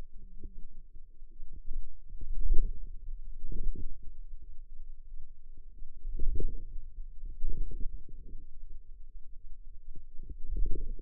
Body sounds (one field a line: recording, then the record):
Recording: forearm muscle sounds (acoustic myography)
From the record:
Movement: radial deviation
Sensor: system 2, bracelet of six BSWA MPA416 microphones around the upper forearm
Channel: 5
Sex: female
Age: 21 years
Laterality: right